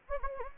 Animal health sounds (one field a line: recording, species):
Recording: mosquito wingbeat signal from an infrared sensor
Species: Anopheles gambiae